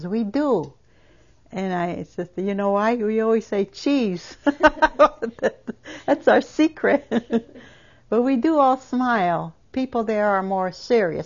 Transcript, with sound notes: We do. And I said, "Do you know why? We always say 'cheese.'" ( she laughs ) That's our secret. But we do all smile. People there are more serious.